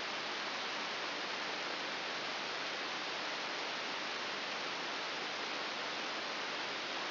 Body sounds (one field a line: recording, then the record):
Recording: brain microelectrode recording played as sound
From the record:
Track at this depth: inside the subthalamic nucleus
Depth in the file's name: 5.001 mm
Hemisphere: right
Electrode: 3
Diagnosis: Parkinson's disease